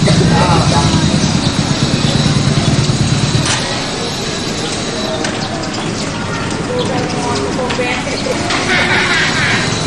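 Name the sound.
motorcycle engine idling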